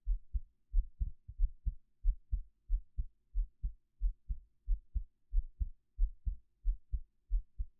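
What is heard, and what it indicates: Steady, regular low double thumps of an adult's own heartbeat, about 90 a minute, picked up close with a 3Dio binaural microphone, with no talking.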